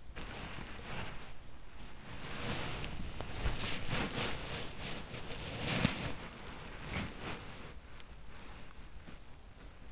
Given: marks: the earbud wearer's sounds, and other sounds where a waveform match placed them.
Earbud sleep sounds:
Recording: sounds in sleep by an in-ear microphone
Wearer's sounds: body movement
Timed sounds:
0.00-8.96 s: body movement

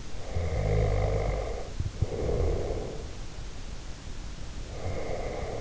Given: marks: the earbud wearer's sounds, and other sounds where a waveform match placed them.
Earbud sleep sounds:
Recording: sounds in sleep by an in-ear microphone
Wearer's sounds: snoring breath, breath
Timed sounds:
0.36-3.22 s: snoring breath
4.52-5.61 s: breath

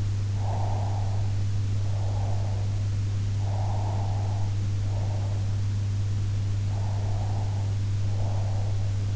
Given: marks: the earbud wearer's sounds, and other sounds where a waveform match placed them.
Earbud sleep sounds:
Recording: sounds in sleep by an in-ear microphone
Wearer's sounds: breath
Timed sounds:
0.28-2.94 s: breath
3.37-5.59 s: breath
6.74-9.16 s: breath

